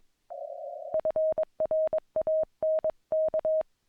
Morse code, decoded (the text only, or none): FRANK